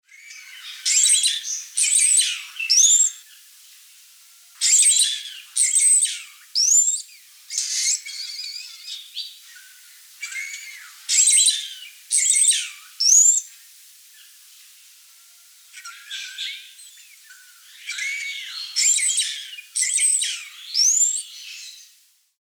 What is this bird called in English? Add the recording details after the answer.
Wattled Starling. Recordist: Tembrock, Günter. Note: Gesang